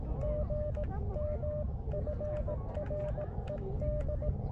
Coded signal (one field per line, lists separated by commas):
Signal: Morse code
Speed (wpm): 18 wpm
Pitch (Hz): 600 Hz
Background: none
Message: GM FRED